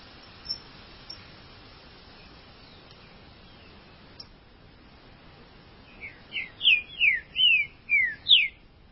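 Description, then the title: Green-winged saltator singing a rich whistled phrase after several seconds of quiet hiss: six or seven slurred, mostly descending notes in quick succession. "Trinca Ferro"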